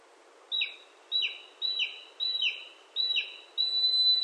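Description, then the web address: Mountain hawk-eagle calls: a run of five high whistled notes, each dropping at the end, then a long sustained whistle. Recorded at Nikko on 6 May 2013. "koe kumataka 130506 nikko abe"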